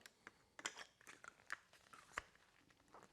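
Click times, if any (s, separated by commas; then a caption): none. A Shell Recharge charging station's J1772 connector is pushed onto a Tesla adapter, making short rubbing and crunching sounds with a few sharp ticks around 0.3, 0.6, 0.7, 1.5 and 2.2 seconds. The connector does not lock in because an oversized rubber gasket inside it blocks the fit, and nothing has clicked or latched.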